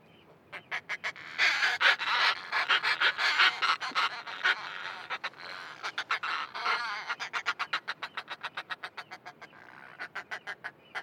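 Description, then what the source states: Northern fulmars cackling: a loud, harsh, rapid chatter of pulsed notes that swells, eases, then surges again into a fast regular series. Pairs calling back and forth from nests at the cliff edge on a rat-free seabird island; less common here but very vocal; bright, almost calm sunny afternoon.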